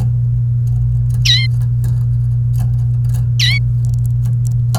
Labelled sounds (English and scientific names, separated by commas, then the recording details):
Domestic Canary (Serinus canaria) song
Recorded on 28 April 2018 at 10:06
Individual llb3